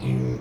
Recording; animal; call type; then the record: contact call of a hoofed animal; pig; closed-mouth grunt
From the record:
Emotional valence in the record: negative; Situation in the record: short social isolation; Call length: 0.40 s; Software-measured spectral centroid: 1560 Hz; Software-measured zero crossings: 710 a second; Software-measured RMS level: -24 dBFS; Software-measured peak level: -13 dBFS